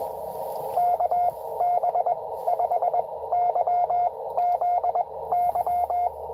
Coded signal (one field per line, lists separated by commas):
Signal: Morse code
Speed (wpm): 20 wpm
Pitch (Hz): 710 Hz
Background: radio noise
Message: KB5YZY